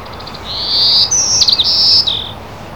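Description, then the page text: Golden-cheeked warbler song: one high, buzzy phrase of several wheezy notes, rising then wavering, lasting under two seconds over faint background hiss. "Golden-cheeked Warbler. Audio (G. Lasley)"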